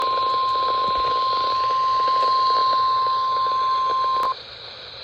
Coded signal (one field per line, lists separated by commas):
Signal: Emergency Alert System (SAME) tones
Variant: 1050 Hz attention tone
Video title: (EAS #966) Extreme Heat Warning WWF60 7/25/25